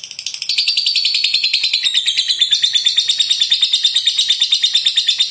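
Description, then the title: Lovebird chattering song: a continuous stream of quick, high, scratchy chirps that builds in loudness after the first half second and holds steady throughout. "Suara Lovebird"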